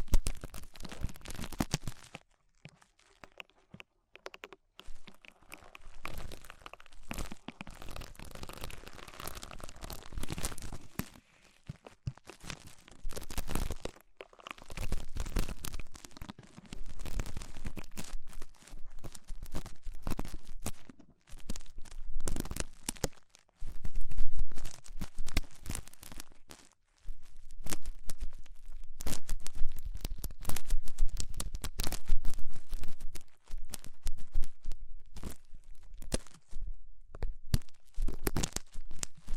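Ear cleaning sounds with rhinestone and clay removal: dense, crackly scratching and peeling in uneven bursts, with brief quiet gaps near 2–4, 11, 14 and 27 seconds. The textures are crinkly and bright, with a faint low hum underneath throughout.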